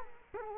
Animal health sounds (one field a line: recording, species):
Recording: mosquito wingbeat signal from an infrared sensor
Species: Culex quinquefasciatus